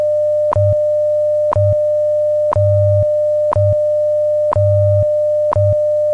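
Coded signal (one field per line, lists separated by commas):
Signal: radio time signal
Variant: WWV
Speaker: radio station wwv fort collins colorado broadcasting on internationally allocated standard carrier frequencies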